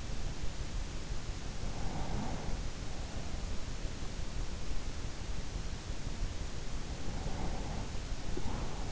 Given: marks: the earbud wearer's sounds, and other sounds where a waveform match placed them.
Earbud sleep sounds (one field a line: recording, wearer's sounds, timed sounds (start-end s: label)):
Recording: sounds in sleep by an in-ear microphone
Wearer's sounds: breath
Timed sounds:
1.49-2.98 s: breath
7.04-8.92 s: breath